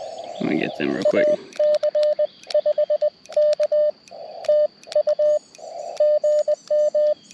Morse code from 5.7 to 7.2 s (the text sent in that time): GM